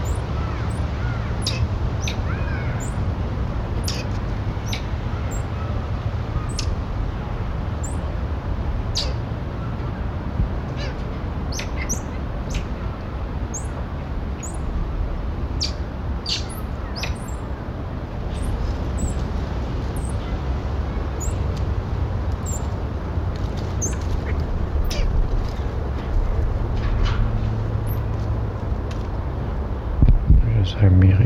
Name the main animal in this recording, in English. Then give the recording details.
Black-capped Squirrel Monkey. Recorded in captivity. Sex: group. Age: adult. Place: Zoo Hannover, Niedersachsen, DE. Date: 1990-10-05 12:40. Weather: heiter, windig; 15°C. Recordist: Tembrock, Günter